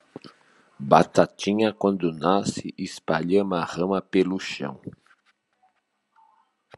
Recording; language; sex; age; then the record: short text; Brazilian Portuguese; male; 50 to 59 years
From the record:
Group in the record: control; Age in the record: 57 years